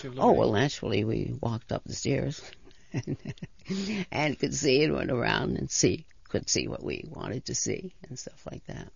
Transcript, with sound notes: Oh, well, naturally we walked up the stairs. ( she laughs ) And to see it, went around, and could see what we wanted to see and stuff like that.